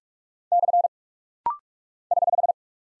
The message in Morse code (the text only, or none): / <HH>